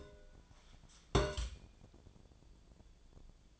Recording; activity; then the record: daily activity, microphone in the room; place on stove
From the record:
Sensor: 5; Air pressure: 1010.0 hPa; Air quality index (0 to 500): 153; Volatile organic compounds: 3 ppm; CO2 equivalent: 1492 ppm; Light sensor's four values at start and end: 253/605/260/289 and 243/593/251/276